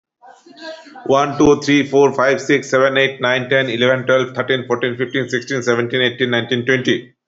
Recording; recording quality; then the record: counting at a fast pace; excellent, no background noise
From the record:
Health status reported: healthy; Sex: male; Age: 45 years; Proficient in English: yes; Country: India